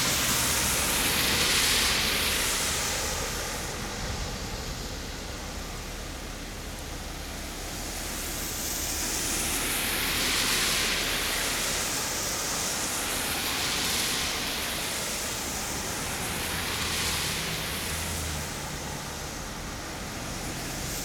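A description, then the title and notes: Cars pass on a rainy day, their tires hissing over wet pavement in a steady wash of spray. The hiss swells and fades as each car goes by, roughly at 2, 10, 14 and 17 seconds, over a constant low rumble of traffic. Cars Passing on a Rainy Day.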